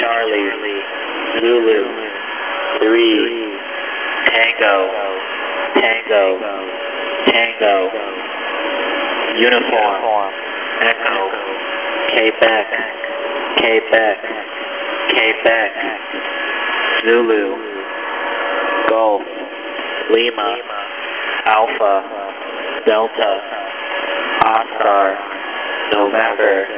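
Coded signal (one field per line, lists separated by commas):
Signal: coded military voice message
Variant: USAF HFGCS EAM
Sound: voice over HF radio reading phonetic-alphabet letters and digits in steady sequence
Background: radio static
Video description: This message was initially broadcast on 11175 kHz on September 25, 2023, and is an encrypted message from a station with the callsign "Rub Down" addressed to all stations.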